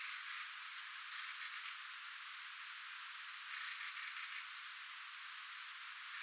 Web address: paivat 3 10 2024 kulorastaslinnun aantelya vahan muistuttaa varsinkin ensimmainen aani narhen aanta